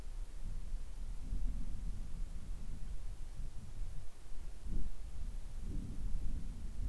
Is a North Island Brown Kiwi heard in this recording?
no